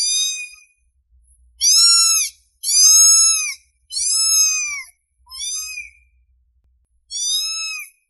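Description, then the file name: Domestic cat calling with loud, arched meows in quick succession, then a weaker mew and another loud meow. Cute cat meowing. "Tieng meo keu de thuong"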